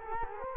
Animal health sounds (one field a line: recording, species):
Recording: mosquito wingbeat signal from an infrared sensor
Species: Culex quinquefasciatus